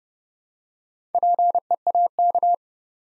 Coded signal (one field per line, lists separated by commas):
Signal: Morse code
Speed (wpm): 30 wpm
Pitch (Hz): 700 Hz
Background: none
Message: PEAK